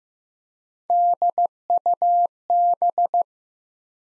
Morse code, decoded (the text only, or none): DUB